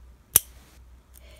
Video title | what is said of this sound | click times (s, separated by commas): National Diabetes Month - Insulin Bottle Collection & Pump Site Reviews | as you can see here pull it back until it clicks | 0.4 s